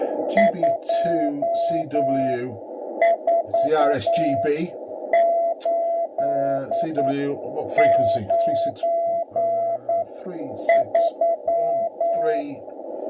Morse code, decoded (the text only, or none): 24893